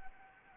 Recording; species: mosquito wingbeat signal from an infrared sensor; Anopheles arabiensis